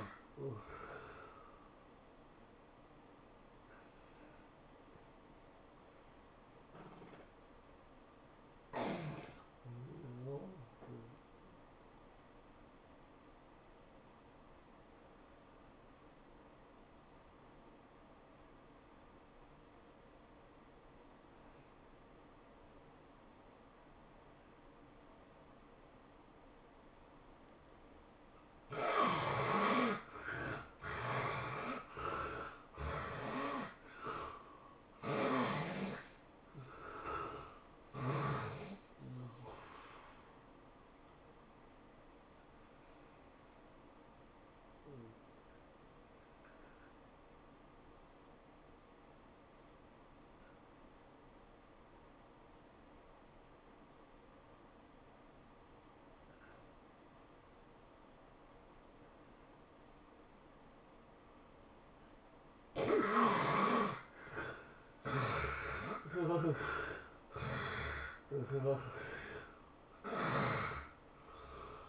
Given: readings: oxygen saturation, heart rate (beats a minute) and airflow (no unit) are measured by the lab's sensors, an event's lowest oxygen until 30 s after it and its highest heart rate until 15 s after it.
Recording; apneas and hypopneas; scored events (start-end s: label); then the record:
a person awake in a sleep study, by a voice recorder at the bedside; 2
2.00-32.00 s: new sleep stage, awake
3.00-28.80 s: hypopnea (scored as awake, oxygen 96% highest, then 74% lowest, heart rate 107 at the start, 107 highest)
3.00-38.00 s: awake
32.00-62.00 s: new sleep stage, N1 (lightest sleep)
38.00-60.50 s: hypopnea (N1, oxygen 96% highest, then 75% lowest, heart rate 107 at the start, 107 highest)
62.00-71.89 s: awake
62.00-71.89 s: new sleep stage, awake
From the record:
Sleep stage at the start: N1 (lightest sleep); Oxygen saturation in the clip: 74 to 96%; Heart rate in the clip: 82 to 108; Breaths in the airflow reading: 12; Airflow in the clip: -15.8 to 13.2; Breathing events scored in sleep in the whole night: 403 in 5.5 hours asleep